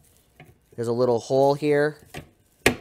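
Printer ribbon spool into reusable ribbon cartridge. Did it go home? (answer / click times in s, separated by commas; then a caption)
yes / 2.7 s. A new printer ribbon's spool end is pushed into a small hole in a reusable black plastic ribbon cartridge while someone talks. At 2.7 s there is one sharp, loud snap as the spool seats in the cartridge.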